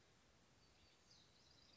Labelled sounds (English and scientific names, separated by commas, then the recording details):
House Wren (Troglodytes aedon)
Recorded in Sonoma County, California